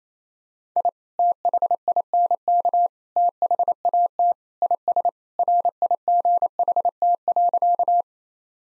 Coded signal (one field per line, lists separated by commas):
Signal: Morse code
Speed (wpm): 28 wpm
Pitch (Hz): 700 Hz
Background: none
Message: I THINK THAT IS RIGHT.